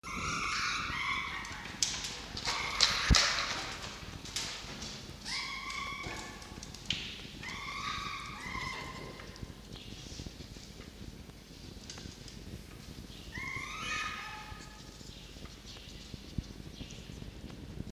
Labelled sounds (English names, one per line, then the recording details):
Red Fox
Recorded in captivity
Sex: female
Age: juvenile
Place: Zoologisches Institut der HUB, Berlin, DE
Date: 1953-05-02
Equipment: Elmetra
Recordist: Tembrock, Günter
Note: Fiffi-Welpen: Quick: Begrüßungswinseln (bei Rückkehr ins Fuchszimmer)